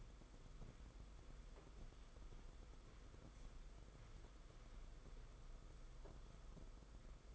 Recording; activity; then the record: daily activity, microphone in the room; walk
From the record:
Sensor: 5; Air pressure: 990.9 hPa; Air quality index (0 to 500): 148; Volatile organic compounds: 150 ppm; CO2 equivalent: 4021 ppm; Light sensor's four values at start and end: 41/126/48/51 and 41/126/48/51